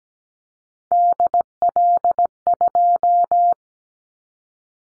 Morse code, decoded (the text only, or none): DL2